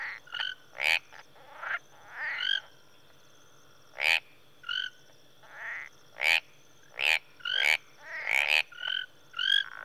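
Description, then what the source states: Tree frogs giving rising, ringing notes and sharp clicks in scattered bursts, several callers overlapping, with brief pauses of near silence. Tree frogs in a marsh in Rwanda, early evening.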